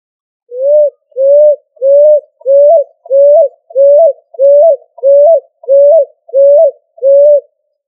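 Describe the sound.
Pigeon coos, a steady run of eleven short, mellow notes about two-thirds of a second apart, some ending with a slight upward lift; nothing else heard.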